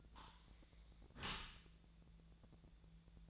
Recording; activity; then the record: daily activity, microphone in the room; close dishwasher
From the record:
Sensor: 3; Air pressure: 1000.5 hPa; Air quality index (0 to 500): 176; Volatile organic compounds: 3 ppm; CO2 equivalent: 1524 ppm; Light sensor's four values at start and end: 14/36/14/16 and 14/36/14/16